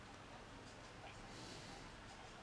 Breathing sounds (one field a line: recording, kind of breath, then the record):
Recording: one breath in and out by a microphone near the nose and mouth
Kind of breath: normal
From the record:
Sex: male